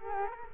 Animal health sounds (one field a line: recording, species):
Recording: mosquito wingbeat signal from an infrared sensor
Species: Culex quinquefasciatus